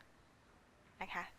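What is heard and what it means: A scrubber head attachment is being fitted into a handheld foot scrubbing device, with only quiet low background noise until someone talks briefly near the end. Nothing has seated or clicked yet.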